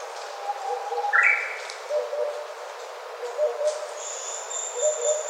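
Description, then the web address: Oriental cuckoo giving soft low double hoots in a repeated series, overlapped by louder whistled notes and a high thin whistle from other birds. Recorded on 4 June 2013. "birdenaga tutudori"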